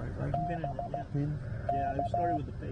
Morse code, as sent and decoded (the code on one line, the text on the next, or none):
-... / -.-
B K